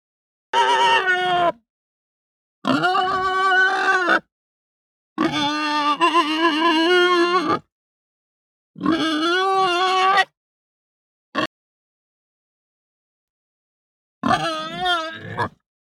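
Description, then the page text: Hampshire pig squealing: six loud, harmonic, wavering cries, most lasting one to two seconds or a little more, separated by silences, one very brief. Described as a hungry pig giving grunts and high squeals. "Hampshire Pig Grunt High Squeal Hungry. Quick Sounds"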